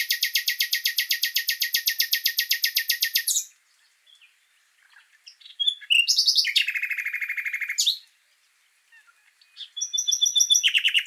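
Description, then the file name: Common nightingale song: a long rapid rattling trill of repeated notes, a pause, a dense buzzy trill, then whistled notes leading into another rapid burst. "Luscinia megarhynchos"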